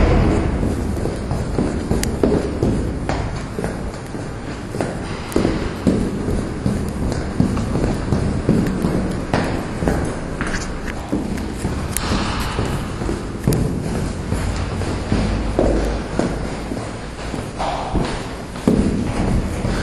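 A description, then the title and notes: Footsteps knock and clatter irregularly through an echoing stairwell, with a dense low rumble and scattered sharp clicks throughout. This is a collage of sounds I collected in RVA and mixed together in a big bowl until all the lumps were gone.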